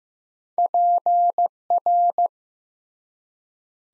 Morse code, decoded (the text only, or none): PR